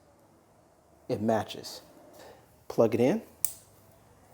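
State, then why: Seated. A six-pin wiring connector is plugged into the fuel tuner module's mating connector on a motorcycle, and someone talks. One sharp click comes at 3.4 s as the connector snaps in and seats.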